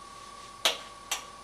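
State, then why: Seated. A spark plug wire boot, a rubber cap with a metal spring clip inside, is pushed onto the spark plug terminal until it snaps on with a sharp click at 0.7 s, followed by a softer second click at 1.1 s. A faint steady tone runs underneath throughout. The boot is seated on the plug.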